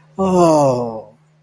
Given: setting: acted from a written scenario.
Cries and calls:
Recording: vocal sound without words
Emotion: guilt

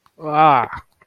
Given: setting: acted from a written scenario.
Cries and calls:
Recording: vocal sound without words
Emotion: disgust

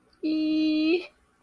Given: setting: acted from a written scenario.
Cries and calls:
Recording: vocal sound without words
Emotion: embarrassment

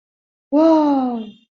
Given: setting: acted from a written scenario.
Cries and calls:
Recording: vocal sound without words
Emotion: interest

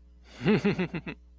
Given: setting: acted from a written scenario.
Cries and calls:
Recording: vocal sound without words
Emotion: amusement

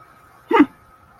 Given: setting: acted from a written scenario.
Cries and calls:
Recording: vocal sound without words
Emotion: contempt

